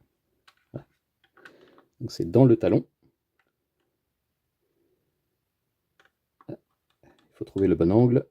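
The plastic body of a Magician's Valkyria figure (Yu-Gi-Oh!, Good Smile Company, Monster Figure Collection) is angled and lined up onto the peg in the heel of its display base so it can be clipped on, finding the right angle. Someone talks in two bursts while faint, short plastic taps and ticks sound in the quiet gaps. Nothing has clipped into place yet.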